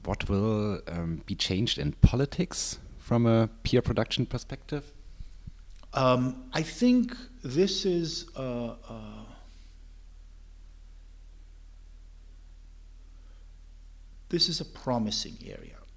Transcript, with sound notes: what will be changed in politics from a peer-production perspective?
I think, this is [pause] this is a promising area.